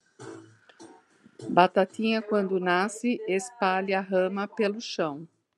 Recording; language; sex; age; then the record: short text; Brazilian Portuguese; female; 50 to 59 years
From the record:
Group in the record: control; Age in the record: 59 years